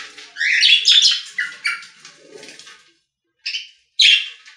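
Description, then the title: Budgerigar warbling chirps in a scratchy burst, then quiet, ending with a few short sharp calls. "Budgie Sounds"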